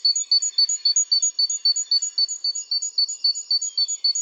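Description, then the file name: Great tit giving quick, regular high-pitched two-part notes, roughly four each second, continuing without a break throughout. "Parus major"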